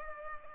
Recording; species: mosquito wingbeat signal from an infrared sensor; Culex pipiens